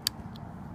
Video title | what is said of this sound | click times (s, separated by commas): Iridium 9505A : Troubleshooting & Make a Call : NorthernAxcess | it actually locks into that position right there so | 0.1 s